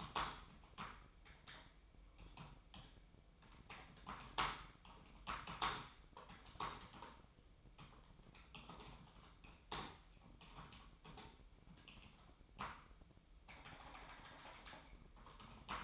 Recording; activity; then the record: daily activity, microphone in the room; typing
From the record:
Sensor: 1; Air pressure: 1007.6 hPa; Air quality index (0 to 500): 79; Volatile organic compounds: 1 ppm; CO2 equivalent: 685 ppm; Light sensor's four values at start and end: 11/26/11/12 and 10/25/10/11